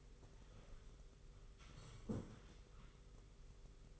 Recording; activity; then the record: daily activity, microphone in the room; sit down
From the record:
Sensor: 4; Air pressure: 991.3 hPa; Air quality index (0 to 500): 138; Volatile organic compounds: 57 ppm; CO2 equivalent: 3383 ppm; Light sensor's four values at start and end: 24/77/29/30 and 24/77/29/30